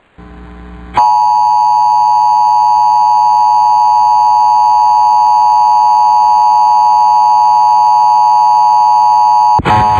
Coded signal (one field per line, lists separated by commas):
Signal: Emergency Alert System (SAME) tones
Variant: 853 and 960 Hz attention tone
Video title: (EAS) Suddenlink - West Virginia's Required Monthly Test (2/8/2022)